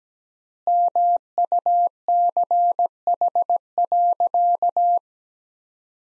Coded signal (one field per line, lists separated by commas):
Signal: Morse code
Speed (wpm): 17 wpm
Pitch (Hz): 700 Hz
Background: none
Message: MUCH.